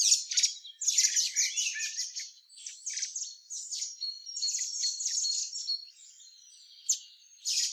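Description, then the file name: Common blackbird giving loud scratchy twittering in long, rapid runs of high notes, quieter toward the end before a couple of sharp final chips. "Turdus merula"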